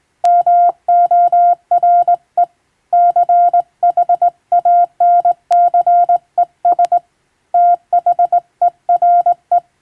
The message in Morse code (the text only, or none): MORE CHANCES THERE